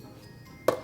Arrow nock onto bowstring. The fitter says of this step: The slit's at the top of the nock. It's the first click that you hear.